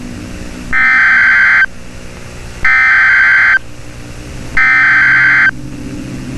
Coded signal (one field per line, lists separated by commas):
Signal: Emergency Alert System (SAME) tones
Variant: header bursts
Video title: STARFALL: A EAS Long Scenario/Analog Horror